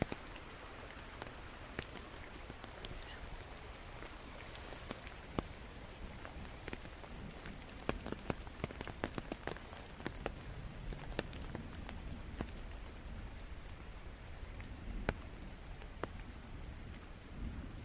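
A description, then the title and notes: Rain falls steadily as someone walks, a constant hiss with dense, irregular patters and sharp drop taps scattered throughout, clustering more thickly around the middle. A low rumble runs underneath, and the overall level stays even for the whole stretch. Walk in the Rain.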